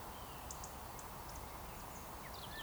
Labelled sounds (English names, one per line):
Eurasian Woodcock whistle